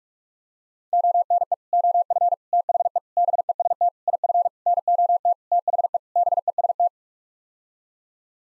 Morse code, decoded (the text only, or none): ONE OF THE BEST IF NOT THE BEST